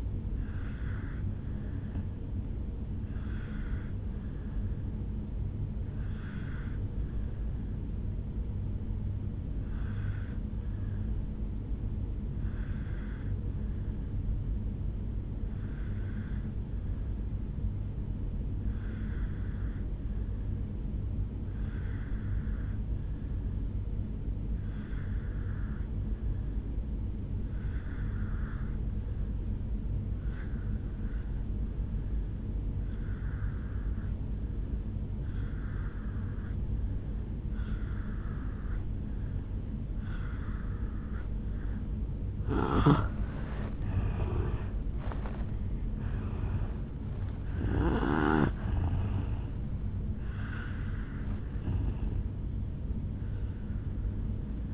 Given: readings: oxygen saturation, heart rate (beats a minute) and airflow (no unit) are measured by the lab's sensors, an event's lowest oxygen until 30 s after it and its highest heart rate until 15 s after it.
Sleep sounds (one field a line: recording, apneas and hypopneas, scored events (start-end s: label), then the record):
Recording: breathing in sleep by a smartphone at the bedside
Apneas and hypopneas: 1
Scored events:
5.00-43.70 s: obstructive apnea (N1, oxygen 97% highest, then 84% lowest, heart rate 50 at the start, 76 highest)
30.00-54.74 s: new sleep stage, N2 (light sleep)
From the record:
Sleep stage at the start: N1 (lightest sleep)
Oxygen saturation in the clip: 81 to 97%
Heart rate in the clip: 50 to 76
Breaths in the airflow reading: 5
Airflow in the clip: -8.7 to 9.7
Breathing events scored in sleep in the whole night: 449 in 7.0 hours asleep